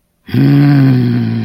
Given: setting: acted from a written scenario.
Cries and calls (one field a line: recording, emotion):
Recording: vocal sound without words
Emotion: contempt